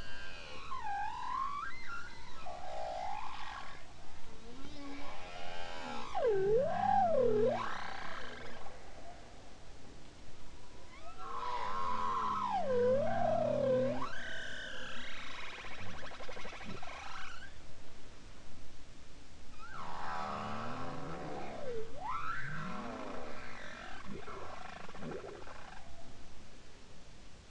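Bowhead whale song: wavering, swooping cries that rise and fall in loops, with rougher, buzzing undertones beneath them. Phrases come in bursts roughly every five to seven seconds over a steady, hissing underwater background that never falls silent.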